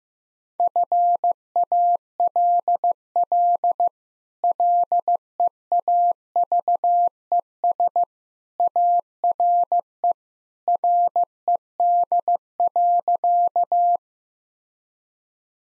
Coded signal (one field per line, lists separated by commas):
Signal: Morse code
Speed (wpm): 15 wpm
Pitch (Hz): 700 Hz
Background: none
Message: FALL LEAVES ARE RED.